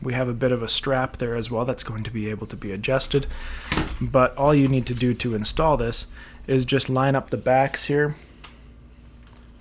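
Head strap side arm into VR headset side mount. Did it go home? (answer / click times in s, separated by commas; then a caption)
yes / 8.5 s. Someone talks while lining up the plastic side arm of a Kiwi Design K4 Flex replacement head strap at the back of a Quest 3/3s VR headset's side mount and pushing it forward. A short click at 8.4 s marks the arm seating into the mount, followed by a fainter tick at 9.3 s.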